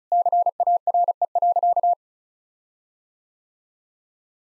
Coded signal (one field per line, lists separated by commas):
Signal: Morse code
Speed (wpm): 36 wpm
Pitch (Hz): 700 Hz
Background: none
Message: CARE.